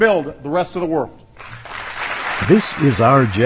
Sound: applause